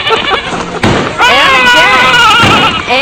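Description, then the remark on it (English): A 200-pound ram slams into a farmer's car with a couple of heavy, booming bangs, the second followed by excited voices calling out over the commotion. “He busts the car again.”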